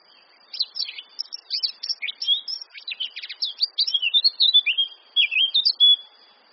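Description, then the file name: Eurasian blackcap song: a scratchy, rapid chattering warble that gives way to loud, clear fluting whistles, lasting about five seconds. "Sylvia atricapilla"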